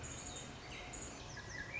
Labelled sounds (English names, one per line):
Swainson's Thrush